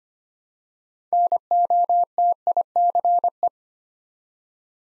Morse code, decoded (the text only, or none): NOTICE